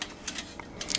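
A metal panel of a FIRE-MAPLE Maverick three-panel camping wood stove is pushed with a thumb toward its place in the assembled stove. Short metallic clacks and scrapes are heard at about 0.0, 0.3, 0.8 and 0.9 seconds, the last being the loudest. Nothing has seated or clicked into place yet.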